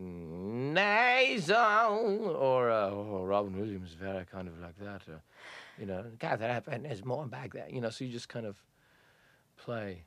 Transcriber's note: imitates Lewis singing